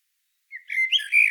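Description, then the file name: Common blackbird: after half a second of silence, a short whistled note, then a mellow warble with squeaky high overtones, cut off abruptly. "Turdus merula"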